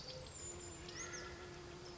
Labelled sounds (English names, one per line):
Brown Creeper